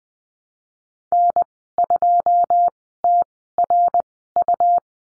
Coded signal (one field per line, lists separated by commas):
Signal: Morse code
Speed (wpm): 20 wpm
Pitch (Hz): 700 Hz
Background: none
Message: N2TRU